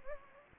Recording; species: mosquito wingbeat signal from an infrared sensor; Anopheles gambiae